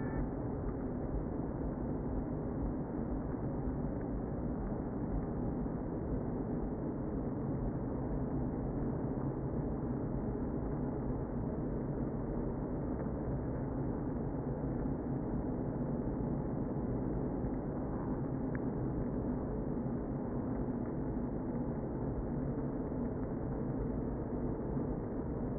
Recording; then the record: honeybee colony, microphone inside the hive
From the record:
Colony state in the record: queen present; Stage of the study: before two queens were removed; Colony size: about 60,000 bees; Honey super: yes